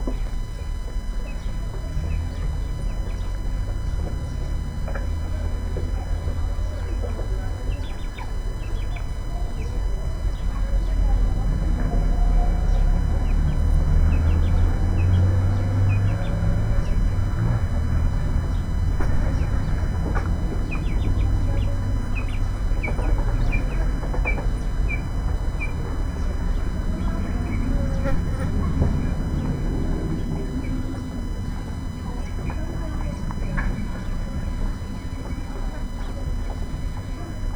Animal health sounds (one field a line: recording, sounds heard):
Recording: poultry house recording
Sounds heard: background noise or bird activity such as feeding and pecking